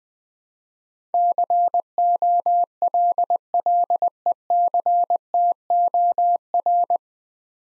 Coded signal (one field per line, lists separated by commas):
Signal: Morse code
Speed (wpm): 20 wpm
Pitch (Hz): 700 Hz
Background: none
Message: COLLECTOR